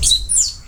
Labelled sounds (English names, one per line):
Stitchbird song